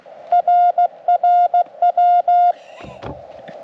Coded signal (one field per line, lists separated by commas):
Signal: Morse code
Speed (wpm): 16 wpm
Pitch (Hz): 710 Hz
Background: none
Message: RRW